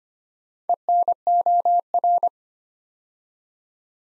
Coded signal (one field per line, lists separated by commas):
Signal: Morse code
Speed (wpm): 25 wpm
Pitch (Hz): 700 Hz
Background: none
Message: ENOR